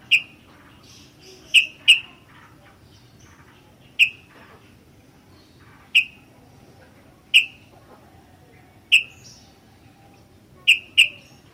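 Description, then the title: Sooty-headed bulbul calls: sharp, bright chip notes given singly or in quick pairs every one to two seconds, over a low steady hum. "kutilang"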